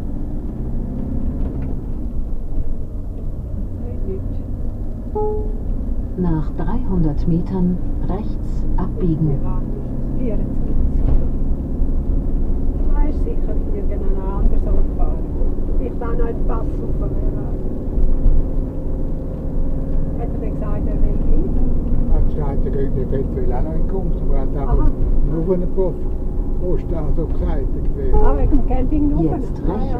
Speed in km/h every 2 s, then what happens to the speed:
24, 24, 27, 31, 35, 37, 37, 38, 40, 40, 42, 42, 38, 37, 35.
0-10 speeds up to 37. 10-19 steady at about 38.